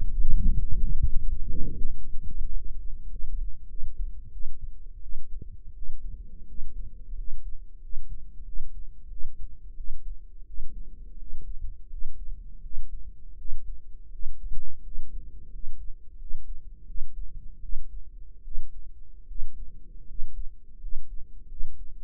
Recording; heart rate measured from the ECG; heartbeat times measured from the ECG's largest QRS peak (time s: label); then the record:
heart sounds by microphone in the right ear; 87 bpm
0.15 s: heartbeat
0.78 s: heartbeat
1.37 s: heartbeat
1.96 s: heartbeat
2.53 s: heartbeat
3.10 s: heartbeat
3.68 s: heartbeat
4.32 s: heartbeat
5.01 s: heartbeat
5.74 s: heartbeat
6.46 s: heartbeat
7.15 s: heartbeat
7.80 s: heartbeat
8.44 s: heartbeat
9.08 s: heartbeat
9.75 s: heartbeat
10.45 s: heartbeat
11.17 s: heartbeat
11.89 s: heartbeat
12.61 s: heartbeat
13.37 s: heartbeat
14.10 s: heartbeat
14.82 s: heartbeat
15.50 s: heartbeat
16.17 s: heartbeat
16.85 s: heartbeat
17.61 s: heartbeat
18.43 s: heartbeat
19.26 s: heartbeat
20.06 s: heartbeat
20.79 s: heartbeat
21.47 s: heartbeat
From the record:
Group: healthy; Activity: rest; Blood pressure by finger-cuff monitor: 122/67 mmHg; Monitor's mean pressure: 78 mmHg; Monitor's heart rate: 87 bpm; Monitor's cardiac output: 8 L/min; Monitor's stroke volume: 93 mL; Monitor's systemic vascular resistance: 710 dyn s/cm5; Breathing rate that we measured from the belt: 13 breaths a minute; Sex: male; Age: 23 years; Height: 179 cm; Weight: 87 kg